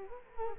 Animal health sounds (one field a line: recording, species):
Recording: mosquito wingbeat signal from an infrared sensor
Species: Culex quinquefasciatus